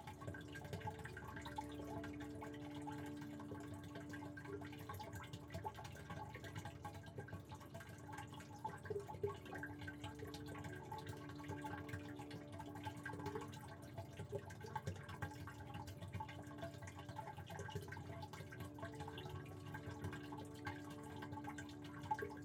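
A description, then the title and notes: Steady rain patters against a window, a dense, even hiss with scattered drips and taps throughout. Underneath, soft sustained piano tones hold low and middle notes that shift slowly and repeat in a gentle loop. The level stays constant across the whole stretch. Calming sound of rain hitting your window at night with a peaceful piano loop that fades in and out over the course of the episode.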